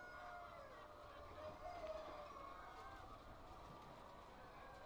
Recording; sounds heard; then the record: poultry house recording; healthy chickens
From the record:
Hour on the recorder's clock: 8